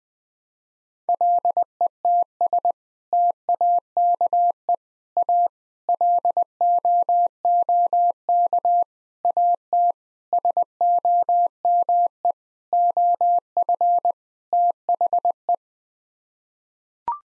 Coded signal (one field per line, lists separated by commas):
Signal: Morse code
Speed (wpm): 21 wpm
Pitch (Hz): 700 Hz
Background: none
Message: LETS TAKE A LOOK AT SOME OF THE